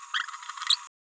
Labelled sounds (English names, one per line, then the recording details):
Green-rumped Parrotlet babbling
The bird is a male
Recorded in a nest box in Venezuela
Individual 17B31A2